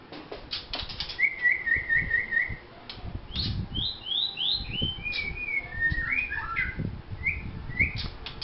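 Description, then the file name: White-rumped shama song: a quick series of repeated whistled notes, followed by rising and falling slurs and twisting whistles, over faint low thumps. Vietnam. "shama vietnam omkicau"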